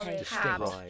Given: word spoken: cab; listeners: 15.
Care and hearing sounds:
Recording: one English word in noise, from a listening test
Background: four-talker babble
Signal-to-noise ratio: 0.0 dB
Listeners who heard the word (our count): 2 of 15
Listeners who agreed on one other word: 6 of 15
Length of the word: 0.50 s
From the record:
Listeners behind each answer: 6, 4, 2, 1, 1, 1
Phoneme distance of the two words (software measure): 20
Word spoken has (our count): 1 syllable, 3 phonemes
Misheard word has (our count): 1 syllable, 3 phonemes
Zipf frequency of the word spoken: 4.03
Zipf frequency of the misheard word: 6.37

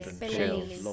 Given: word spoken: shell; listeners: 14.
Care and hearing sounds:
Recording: one English word in noise, from a listening test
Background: four-talker babble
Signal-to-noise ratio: -2.8 dB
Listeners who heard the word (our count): 0 of 14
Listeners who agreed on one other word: 7 of 14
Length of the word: 0.53 s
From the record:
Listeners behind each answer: 7, 1, 1, 1, 1, 1, 1, 1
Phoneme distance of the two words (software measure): 7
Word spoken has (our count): 1 syllable, 3 phonemes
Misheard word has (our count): 1 syllable, 4 phonemes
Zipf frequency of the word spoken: 4.39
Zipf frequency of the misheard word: 4.02

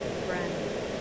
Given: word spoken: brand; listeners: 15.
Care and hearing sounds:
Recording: one English word in noise, from a listening test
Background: speech-shaped noise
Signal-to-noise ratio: -5.3 dB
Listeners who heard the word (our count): 2 of 15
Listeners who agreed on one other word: 9 of 15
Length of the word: 0.61 s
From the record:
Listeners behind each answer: 9, 2, 1, 1, 1, 1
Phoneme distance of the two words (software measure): 20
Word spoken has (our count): 1 syllable, 5 phonemes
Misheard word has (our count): 1 syllable, 5 phonemes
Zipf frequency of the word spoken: 4.68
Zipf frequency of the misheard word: 5.29

